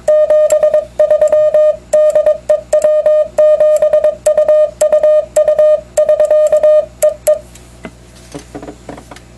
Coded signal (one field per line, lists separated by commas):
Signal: Morse code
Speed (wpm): 22 wpm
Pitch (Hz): 610 Hz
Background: none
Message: 73 DE W7UUU <SK> EE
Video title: Basic Split operation on a Yaesu FT-950 HF Transceiver